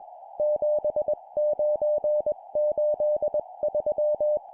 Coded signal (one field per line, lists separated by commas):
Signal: Morse code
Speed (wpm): 20 wpm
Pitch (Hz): 600 Hz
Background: music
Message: 7983